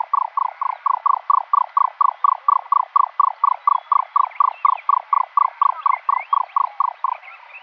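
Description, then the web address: Egyptian nightjar display: an evenly spaced chain of hollow, croaking pulses, with faint chirps from other birds toward the close. Male display. "Schulze Peter Egyptian Nightjar"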